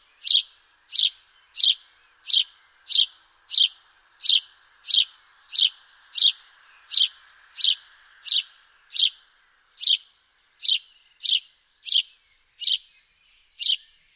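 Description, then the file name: House sparrow giving a fast run of repeated chirps, around twenty notes at a brisk steady pace, with a faint low hum underneath for part of the time. "Passer domesticus"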